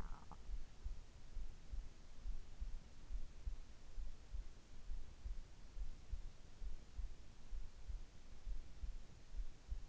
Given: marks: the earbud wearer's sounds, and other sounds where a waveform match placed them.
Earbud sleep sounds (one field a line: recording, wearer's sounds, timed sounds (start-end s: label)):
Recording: sounds in sleep by an in-ear microphone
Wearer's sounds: swallowing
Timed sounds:
0.00-0.44 s: swallowing